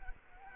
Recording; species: mosquito wingbeat signal from an infrared sensor; Culex quinquefasciatus